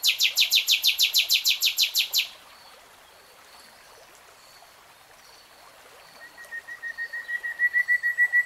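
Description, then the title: Nightingale song: a fast loud trill of many identical broad notes, then silence with hiss, followed by a swelling pure whistled note that pulses into repeats. "[Tiếng chim hót] REALTIME Nightingale Singing"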